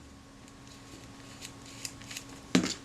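A small metal part is pressed into the leaf shutter of a vintage Kodak Retinette type 022 camera during reassembly, feeling tight at first. Faint small ticks and rubbing come before a sharp, short metallic click at 2.6 s as the part drops into place and seats.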